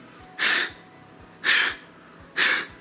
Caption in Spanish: Agarra su estetoscopio y se lo pone en el corazón y comienza a escuchar una cosa como así. Cada vez que hay un latido, entonces el doctor dice, es un soplo.